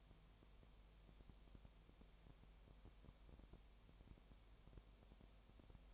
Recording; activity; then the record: daily activity, microphone in the room; no activity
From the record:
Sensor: 1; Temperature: 19.7 degrees Celsius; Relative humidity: 37.1%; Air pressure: 1007.2 hPa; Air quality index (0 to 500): 144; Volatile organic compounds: 5 ppm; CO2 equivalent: 1762 ppm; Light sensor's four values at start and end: 1/2/1/1 and 1/2/1/1